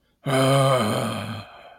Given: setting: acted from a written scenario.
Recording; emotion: vocal sound without words; anger